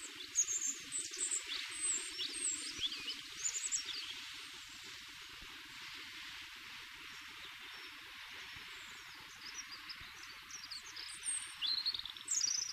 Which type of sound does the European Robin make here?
song